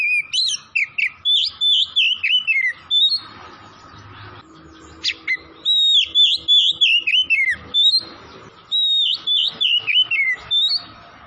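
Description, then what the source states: Oriental magpie-robin song, vigorous and varied: strings of sweet whistled notes with sliding, wavering phrases, delivered in several long bursts separated by short pauses. Kacer from Tretes singing vigorously (gacor).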